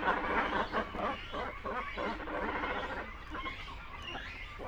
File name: Continental Great Cormorant Colony Sounds